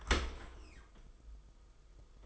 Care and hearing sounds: daily activity, microphone in the room; open dishwasher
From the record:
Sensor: 5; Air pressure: 990.7 hPa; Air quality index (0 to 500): 166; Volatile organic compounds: 333 ppm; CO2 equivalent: 4551 ppm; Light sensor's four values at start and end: 38/115/45/47 and 38/115/44/47

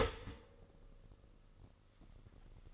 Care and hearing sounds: daily activity, microphone in the room; start toaster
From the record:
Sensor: 4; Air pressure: 1007.8 hPa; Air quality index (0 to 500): 105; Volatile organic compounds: 1 ppm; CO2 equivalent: 775 ppm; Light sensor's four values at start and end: 10/22/9/9 and 10/23/9/10

